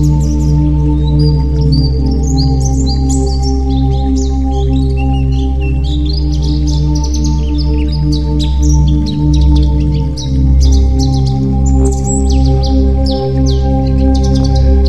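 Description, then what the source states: White-eye song, a long, tumbling stream of high chirps and warbled notes, against a heavy, pulsing low hum. Labelled a 'terapi' (therapy) recording.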